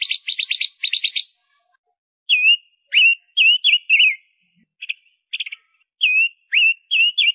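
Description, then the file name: Gouldian finch song opening with a fast buzzy pulsed rattle, followed by a series of short rising and falling whistled notes with small clicks between. Female bird singing. "Tieng chim ngu sac mai hot"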